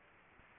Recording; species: mosquito wingbeat signal from an infrared sensor; Aedes aegypti